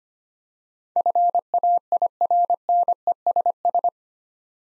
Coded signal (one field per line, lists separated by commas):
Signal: Morse code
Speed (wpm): 25 wpm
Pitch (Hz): 700 Hz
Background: none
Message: FAIRNESS